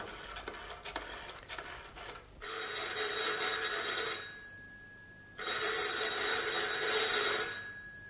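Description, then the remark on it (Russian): A telephone rings in two long bursts, each a steady, bright electronic trill lasting under two seconds, with a short silent gap between them, preceded by a few seconds of faint rustling. “Давайте сначала звоните.”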